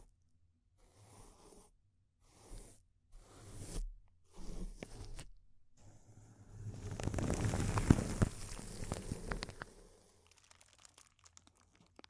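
Crinkling bursts start in short separated handfuls, then build into a dense, crackling rush around eight seconds before thinning to scattered ticks.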